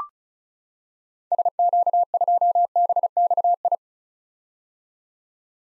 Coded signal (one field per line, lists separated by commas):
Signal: Morse code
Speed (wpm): 34 wpm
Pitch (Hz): 700 Hz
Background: none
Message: SQ2BXI